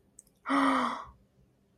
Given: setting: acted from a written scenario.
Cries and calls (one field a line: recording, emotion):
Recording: vocal sound without words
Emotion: negative surprise